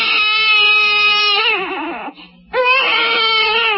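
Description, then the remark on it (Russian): A baby lying in a pram wails loudly in two long, strained cries with a brief gasp between them, the voice high and harmonically rich, wavering and breaking as it trails off. “Лежала в коляске и так ужасно кричала, что никто не решался к ней подойти.”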